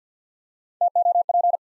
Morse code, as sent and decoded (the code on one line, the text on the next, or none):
- / --- / .--.
T O P